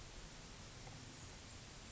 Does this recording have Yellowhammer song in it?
no